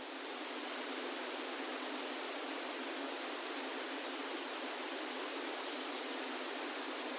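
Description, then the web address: Yellow-browed warbler song: one high, thin zigzag phrase of wavering, rising and falling notes lasting about a second and a half, then only a steady background hiss. Recorded at Norikura on 23 June 2021. "koe kimayumushikui 210623 norikura ijima"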